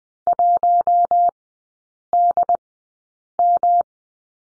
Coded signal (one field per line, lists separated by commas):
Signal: Morse code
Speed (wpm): 20 wpm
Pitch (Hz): 700 Hz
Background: none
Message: 1DM